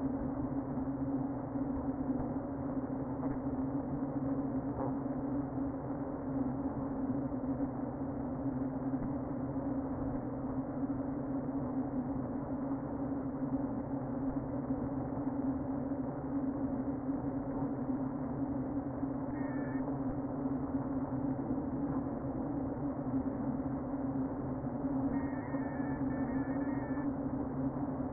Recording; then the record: honeybee colony, microphone inside the hive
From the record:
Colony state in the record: queen present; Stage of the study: before two queens were removed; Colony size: about 60,000 bees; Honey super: yes